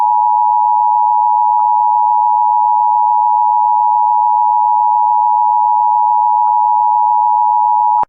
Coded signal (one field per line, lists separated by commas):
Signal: Emergency Alert System (SAME) tones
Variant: 853 and 960 Hz attention tone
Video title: EAS Scenario Duble Threat SCP-106 & SCP-280.